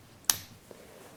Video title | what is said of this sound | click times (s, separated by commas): Cimarron 1847 Walker Dragoon over view Horse Pistol | that's mounted in there and then when you push this back up it will lock into place | 0.3 s